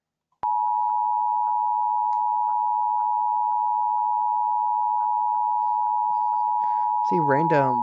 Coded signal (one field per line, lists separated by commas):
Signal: Emergency Alert System (SAME) tones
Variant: 853 and 960 Hz attention tone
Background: speech